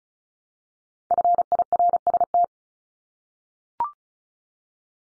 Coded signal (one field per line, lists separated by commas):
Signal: Morse code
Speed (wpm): 36 wpm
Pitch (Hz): 700 Hz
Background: none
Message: FIRST